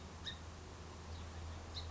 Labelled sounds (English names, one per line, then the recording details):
Song Sparrow
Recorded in Sonoma County, California